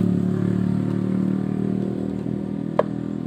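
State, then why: Seated. After the injector filter on a Beat scooter is cleaned or replaced, the plastic connector is pushed back onto the fuel injector. A steady low hum runs throughout, and a single sharp, fast-fading click at 2.8 s shows the connector seating back in place as before.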